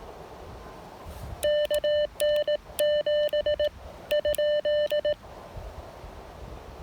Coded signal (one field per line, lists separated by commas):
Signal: Morse code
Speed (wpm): 18 wpm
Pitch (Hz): 600 Hz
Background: none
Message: KN7 ?